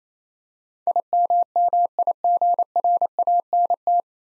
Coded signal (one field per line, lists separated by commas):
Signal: Morse code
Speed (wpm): 27 wpm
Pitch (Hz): 700 Hz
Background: none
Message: IMMIGRANT